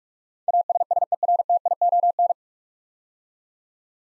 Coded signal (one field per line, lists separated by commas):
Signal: Morse code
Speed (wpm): 44 wpm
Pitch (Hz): 700 Hz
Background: none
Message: ASSERTION